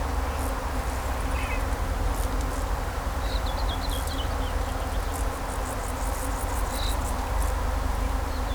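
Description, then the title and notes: Bee hum runs steadily beneath a bird's quick chirp series and other short calls, with a low rumble throughout. Bees buzzing among grapevines in vineyards at Kallstadt, Germany, in rural countryside, with birds singing and road traffic noise in the background. "In Kallstadt summen die Bienen. In den Reben, Kallstadt, Deutschland. Natur, Weinreben, Bienen summen, Vögel singen, Fahrgeräusche von Straße, Land"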